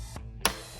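A plastic push-type retainer clip is pressed into its hole in the engine air filter cover of a 2015-2018 Kia K900 with a V8. A sharp click is heard at 0.5 s, followed by a brief fading tail. The clip seats in the cover hole.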